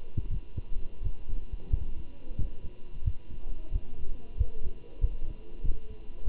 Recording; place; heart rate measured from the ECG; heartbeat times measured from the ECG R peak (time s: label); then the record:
heart sounds by stethoscope; between the tricuspid and mitral areas; 91 bpm
0.31 s: heartbeat
1.03 s: heartbeat
1.71 s: heartbeat
2.39 s: heartbeat
3.05 s: heartbeat
3.73 s: heartbeat
4.38 s: heartbeat
5.01 s: heartbeat
5.64 s: heartbeat
6.25 s: heartbeat
From the record:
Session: walking at 3.7 km/h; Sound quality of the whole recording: good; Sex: male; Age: 23 years